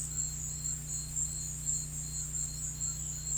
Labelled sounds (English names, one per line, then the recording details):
none
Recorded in pastures near Puerto Asís, Putumayo, Colombia, on 19 March 2025 at 17:00
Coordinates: 0.505, -76.324
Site GP08